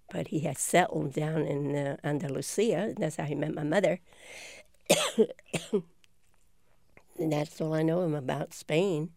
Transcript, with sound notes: But he had settled down in Andulusia, and that's how he met my mother (coughing) in Spain. And that's all I know about Spain.